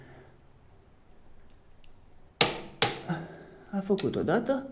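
A click-type torque wrench set to 100 Nm tightens an engine bolt on an Aprilia Pegaso Strada motorcycle. It gives a sharp click at 2.4 s, followed by another sharp snap at 2.8 s while someone talks. The bolt reaches its set torque.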